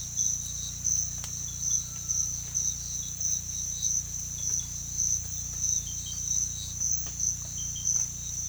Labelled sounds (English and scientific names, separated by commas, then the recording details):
none
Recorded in pastures near Puerto Asís, Putumayo, Colombia, on 18 December 2024 at 05:30
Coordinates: 0.472, -76.331
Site GP02